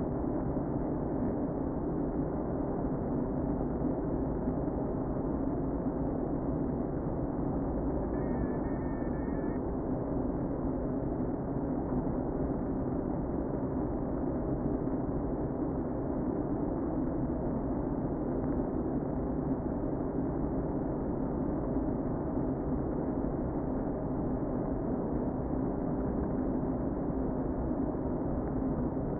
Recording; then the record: honeybee colony, microphone inside the hive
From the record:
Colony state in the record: queen present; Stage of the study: before two queens were removed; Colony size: about 60,000 bees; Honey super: yes